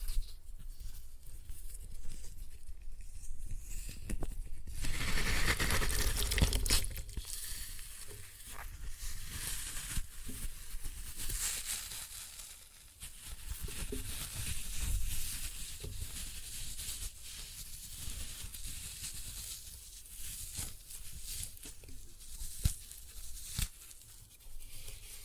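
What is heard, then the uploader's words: Floral foam being crushed, a dense crackling and crumbling that runs the whole time with fine gritty tearing textures. A louder, fuller burst of crushing comes around five to seven seconds, then the crackle eases slightly and continues unevenly with small sharp pops throughout. Floral Foam Glitter Bomb Crushing.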